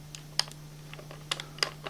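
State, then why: Seated. A collectible action figure, a Bumblebee 3A DLX, has the port in its back plate pushed onto the peg of its plastic display stand. It seats with a sharp click at 0.4 s. Several more short, bright clicks and taps follow around 1.3 s, 1.4 s, 1.6 s and 1.9 s over a steady low hum.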